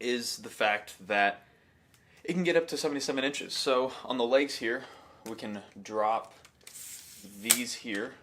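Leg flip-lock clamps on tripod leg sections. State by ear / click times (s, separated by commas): not seated / none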